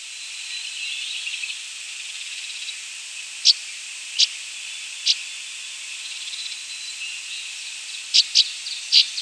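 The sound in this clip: Northern rough-winged swallow calls: scattered short, rough buzzy notes, single at first and then a few close together near the end, against steady high-pitched hiss.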